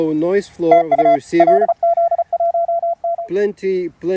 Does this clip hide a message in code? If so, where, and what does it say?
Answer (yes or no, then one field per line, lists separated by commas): yes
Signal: Morse code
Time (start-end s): 0.7-3.2 s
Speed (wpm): 34 wpm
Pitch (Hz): 690 Hz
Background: speech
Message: TU LZ1N